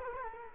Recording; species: mosquito wingbeat signal from an infrared sensor; Culex quinquefasciatus